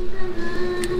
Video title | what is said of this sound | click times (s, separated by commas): Tanggalin na natin ang spark-plug ni Kawasaki ninja 250 fi | nagclick na. | 0.8 s